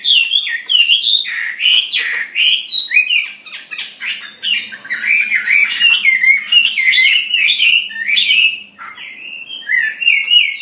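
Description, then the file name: Chinese hwamei song, a loud run of rich whistled phrases that slide up and down, varied and almost without pause, with brief dips between bursts. "audio gathering hwamei. omkicau"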